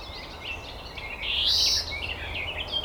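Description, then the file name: European greenfinch call: a single harsh, buzzy wheeze lasting about half a second amid soft high chirping and steady low background noise. "Chloris chloris"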